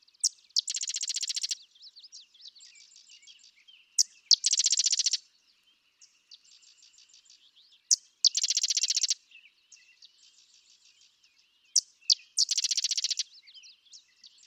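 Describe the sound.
Sedge wren song repeated roughly every four seconds: one or two crisp chips, then a dense dry staccato chatter, with faint softer trilled phrases filling the pauses.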